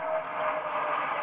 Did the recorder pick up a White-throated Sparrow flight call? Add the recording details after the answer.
no. No flight call is heard. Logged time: 02:47 on 21 December 2014